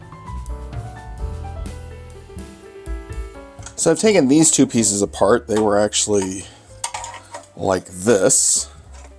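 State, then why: Not seated. A plastic smartphone holder piece that had been taken apart is handled as it is fitted back onto its plastic teleprompter bracket, over background music while someone talks. Light handling knocks are heard, with a sharper tap near 6.8 s, but nothing has seated or clicked yet.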